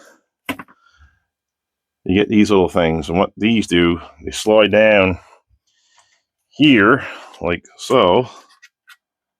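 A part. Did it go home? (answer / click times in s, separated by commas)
no / none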